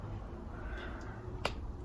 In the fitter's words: you just wait until you hear a pop